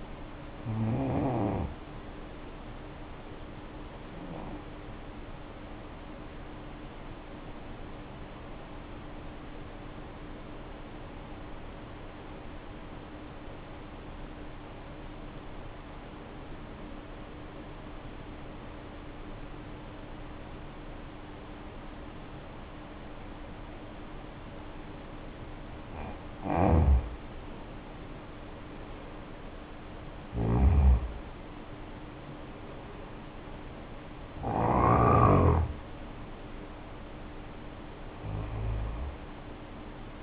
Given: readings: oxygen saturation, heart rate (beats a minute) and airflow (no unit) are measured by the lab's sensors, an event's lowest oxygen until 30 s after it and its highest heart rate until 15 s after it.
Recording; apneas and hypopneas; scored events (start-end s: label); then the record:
breathing in sleep by a voice recorder at the bedside; 1
6.00-36.00 s: new sleep stage, N2 (light sleep)
12.00-25.80 s: obstructive apnea (N2, oxygen 95% highest, then 77% lowest, heart rate 60 at the start, 73 highest)
36.00-40.23 s: new sleep stage, N1 (lightest sleep)
From the record:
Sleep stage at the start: N1 (lightest sleep); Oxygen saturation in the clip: 75 to 95%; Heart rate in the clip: 53 to 73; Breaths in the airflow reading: 5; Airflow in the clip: -9.5 to 8.0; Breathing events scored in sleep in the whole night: 520 in 7.2 hours asleep